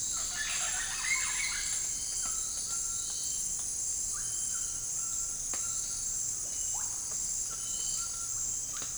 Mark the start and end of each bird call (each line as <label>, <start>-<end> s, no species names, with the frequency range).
bird call (0.4-5.4 kHz), 0.00-1.76 s
bird call (0.8-2.0 kHz), 2.06-3.23 s
bird call (0.7-1.9 kHz), 4.07-8.97 s